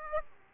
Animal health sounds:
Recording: mosquito wingbeat signal from an infrared sensor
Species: Aedes aegypti

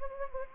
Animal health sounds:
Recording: mosquito wingbeat signal from an infrared sensor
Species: Anopheles gambiae

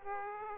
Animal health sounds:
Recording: mosquito wingbeat signal from an infrared sensor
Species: Aedes aegypti

